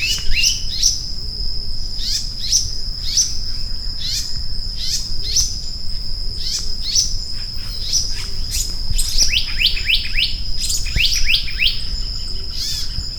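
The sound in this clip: Maratua monarch calls: quick series of short slurred notes, some sweeping down sharply, repeated throughout over a steady high insect whine.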